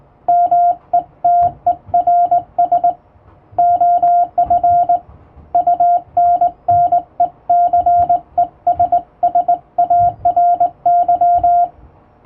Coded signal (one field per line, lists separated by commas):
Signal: Morse code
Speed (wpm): 21 wpm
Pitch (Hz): 700 Hz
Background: radio noise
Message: METERS OF UNNECESSARY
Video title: 【モールス教室、縦振り電鍵でモールス符号を打ちました】手打ちで綺麗に打てるとカッコイイかも！欧文モールス符号を打ってみました！再生速度を調整して聴いてみよう(morse code practice)